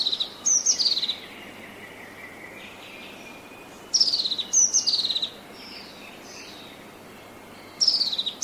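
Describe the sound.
Bird calling with quick series of sharp, high, downward-sliding notes in separate bursts, a fainter lower call between them, and constant hissing noise behind.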